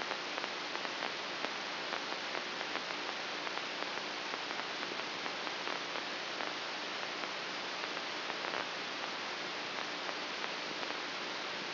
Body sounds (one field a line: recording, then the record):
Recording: brain microelectrode recording played as sound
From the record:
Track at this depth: inside the subthalamic nucleus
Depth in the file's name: 2.004 mm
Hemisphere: left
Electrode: 2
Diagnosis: Parkinson's disease